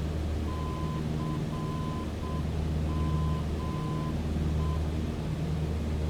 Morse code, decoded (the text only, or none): CME